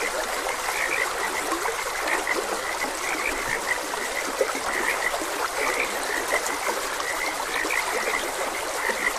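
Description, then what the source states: Frogs calling with brief repeated croaks at an irregular pace, backed by the continuous hiss and babble of a stream. Frogs croaking beside a gentle stream; nature ambience recording.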